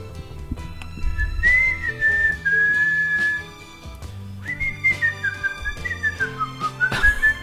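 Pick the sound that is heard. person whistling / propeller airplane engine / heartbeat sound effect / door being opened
person whistling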